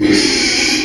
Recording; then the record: squeal of a Yucatan mini pig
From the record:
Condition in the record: after surgery on the right vocal fold (resection and tissue-engineered implant); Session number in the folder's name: 2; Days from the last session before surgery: 13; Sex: male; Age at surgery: 12 weeks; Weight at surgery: 13 kg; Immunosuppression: cyclosporine, prednisolone